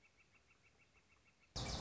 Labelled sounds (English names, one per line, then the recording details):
Northern Flicker
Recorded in Sonoma County, California